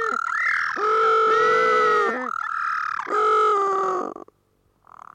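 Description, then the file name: Little penguin giving loud, nasal, braying calls that swell and dip in pitch, then stop abruptly, followed by a soft short noise. Northern. "Blue Penguin Northern"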